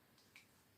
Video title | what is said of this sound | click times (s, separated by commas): Vlogmas Days Eight-Ten – Christmas Tree, DND and a llama | and it locks in place then there's a little button in the middle and you go and mind you face | 0.4 s